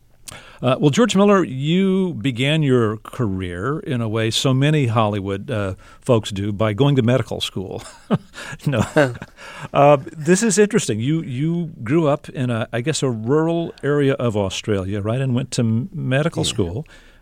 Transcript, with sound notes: Well, George Miller, you began your career in a way so many Hollywood folks do, by going to medical school. (Laughter) No. This is interesting. You grew up in, I guess, a rural area of Australia, right, and went to medical school?